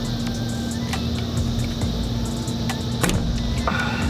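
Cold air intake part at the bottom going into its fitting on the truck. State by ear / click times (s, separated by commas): not seated / none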